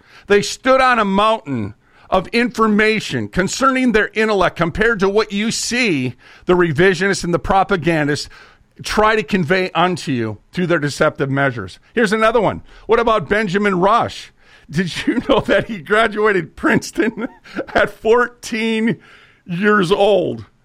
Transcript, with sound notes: they stood on a mountain of information concerning their intellect compared to what you see the revisionists and the propagandists try to convey unto you through their deceptive measures. Here's another one. What about Benjamin Rush? (laughing) Did you know that he graduated Princeton at 14 years old?